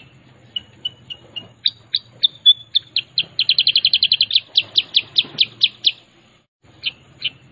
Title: Masteran Kutilang Sutra. Pancingan Kutilang Sutra bikin kutilang lain langsung nyahut